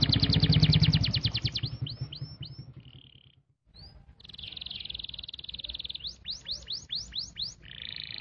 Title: Cengkok Kenari Mewah. Suara kenari cengkok mewah